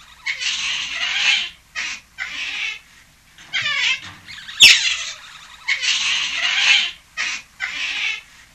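European otter harsh, screechy squeals in repeated bursts of varying length, with one sharp click between them.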